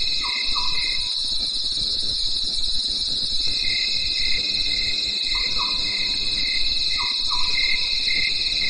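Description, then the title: Cricket chorus as a continuous shrill high trill. Lower pulsed chirps come in bursts, with three pairs of soft lower notes. Night in the mountains; crickets calling in a chorus. "At night, the cricket cricket and nightingale choir in the mountains"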